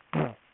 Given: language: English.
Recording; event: throat vibration sensor signal played as sound; throat clearing